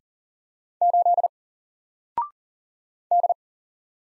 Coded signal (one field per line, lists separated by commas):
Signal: Morse code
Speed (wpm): 40 wpm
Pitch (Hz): 700 Hz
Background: none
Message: 8 D